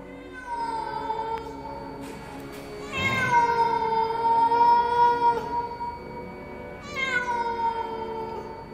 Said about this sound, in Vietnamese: Chợt có tiếng mèo kêu vang lên đến rợn cả gai ốc.